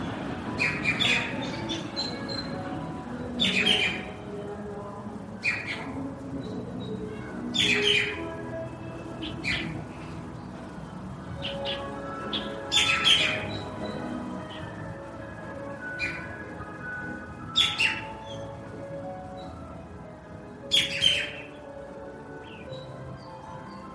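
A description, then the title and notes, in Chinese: Birds call throughout a walk in a park, with sharp bright chirps and squawks bursting out every few seconds, loudest near 13 and 21 seconds. Beneath them runs a steady low murmur of voices and general outdoor hum. 公园里散步，鸟叫声环绕。春节期间。某天午后我决定去公园散散心。走在公园的石板路和草地上，我拿着录音机，录下的除了无所不在的鸟叫，还有其他声音跟鸟叫形成了二重奏甚至三重奏。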